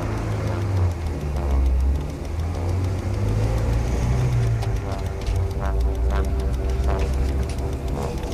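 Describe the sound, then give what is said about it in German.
A car engine idles steadily, left running after the car stops outside a house, a low, even rumble with a faint hum above it and only slight shifts in pitch. “Lassen Sie den Motor laufen.”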